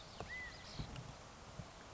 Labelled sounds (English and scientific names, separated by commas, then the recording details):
California Quail (Callipepla californica)
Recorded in Sonoma County, California